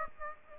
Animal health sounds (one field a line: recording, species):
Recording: mosquito wingbeat signal from an infrared sensor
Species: Aedes aegypti